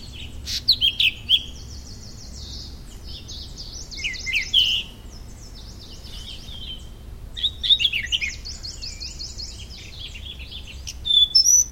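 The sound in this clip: Firethroat giving two long bouts of varied high twittering song, with a quieter gap between them.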